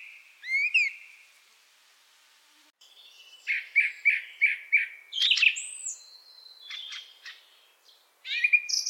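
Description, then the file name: Thrush song: a slurred whistle, then a phrase of one note repeated five times, followed by varied high twittering and squeaky notes. "drozd"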